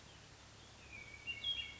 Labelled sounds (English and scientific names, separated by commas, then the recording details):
Hermit Thrush (Catharus guttatus)
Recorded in Sonoma County, California